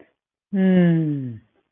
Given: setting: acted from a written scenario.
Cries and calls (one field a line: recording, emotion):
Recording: vocal sound without words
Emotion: contempt